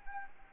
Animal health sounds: mosquito wingbeat signal from an infrared sensor; Anopheles gambiae

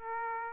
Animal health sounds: mosquito wingbeat signal from an infrared sensor; Aedes aegypti

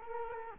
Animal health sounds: mosquito wingbeat signal from an infrared sensor; Culex quinquefasciatus

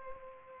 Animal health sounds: mosquito wingbeat signal from an infrared sensor; Culex pipiens

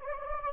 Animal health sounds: mosquito wingbeat signal from an infrared sensor; Anopheles gambiae

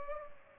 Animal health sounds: mosquito wingbeat signal from an infrared sensor; Culex pipiens

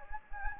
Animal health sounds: mosquito wingbeat signal from an infrared sensor; Anopheles gambiae

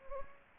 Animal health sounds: mosquito wingbeat signal from an infrared sensor; Anopheles gambiae

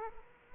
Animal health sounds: mosquito wingbeat signal from an infrared sensor; Aedes aegypti

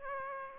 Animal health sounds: mosquito wingbeat signal from an infrared sensor; Aedes aegypti

